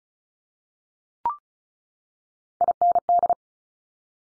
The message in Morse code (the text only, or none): IND